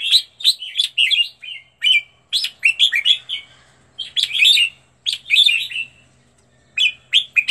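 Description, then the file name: Red-whiskered bulbul song: lively chirpy whistled phrases in quick bursts of several notes, with brief gaps. Song used for training birds to sing; 15 standard song styles. "tieng-luyen-giong-chao-mao-hot-15-giong-chuan"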